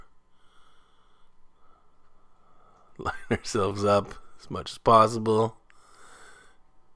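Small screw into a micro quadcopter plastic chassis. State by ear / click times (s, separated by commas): not seated / none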